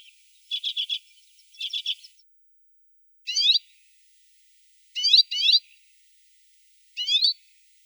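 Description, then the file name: Arctic redpoll calls: two opening rattling chatters followed by several rising, twangy single and paired notes with clear gaps. Russia. "Pticy Rossii - Pepelnaya chechyotka Acanthis hornemanni"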